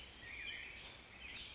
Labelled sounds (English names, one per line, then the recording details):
California Quail
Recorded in Sonoma County, California